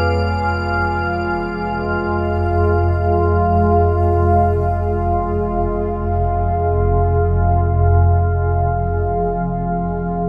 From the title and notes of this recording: Gongrub Atmosphere - Elevation For Icarus. Improvising with a drone patch from Elevation which combines re-synthesized rubbed gong sounds with FM synthesis.